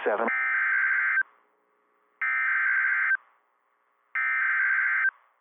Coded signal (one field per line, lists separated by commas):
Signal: Emergency Alert System (SAME) tones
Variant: header bursts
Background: speech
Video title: Northern IND Madness - EAS Alerts from 3/26/26 (EAS #746 - #754)